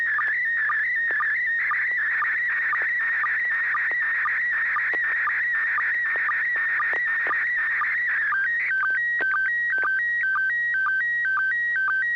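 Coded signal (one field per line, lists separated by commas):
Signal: SSTV (slow-scan television)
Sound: warbling, scratchy whistle around high-mid pitch with steady rhythmic ticks, then alternating two-tone chirping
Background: low hum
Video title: N6NA SSTV Net - 09/08/2021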